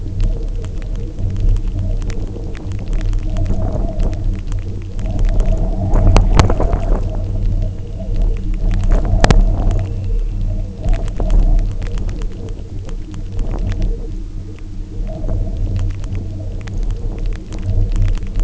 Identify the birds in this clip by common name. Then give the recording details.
none. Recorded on Arctic tundra, site UTQI-0, on 27 June 2018. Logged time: 20:00